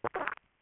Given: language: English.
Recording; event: throat vibration sensor signal played as sound; swallow